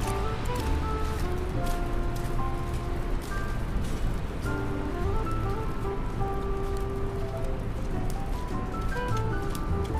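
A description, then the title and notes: Rain falls steadily on a New York day, a dense, even hiss that holds at the same level throughout. Beneath it, a low rumble and scattered held tones drift in and out, like passing traffic and car horns mixed into the downpour. Raining Day In New York.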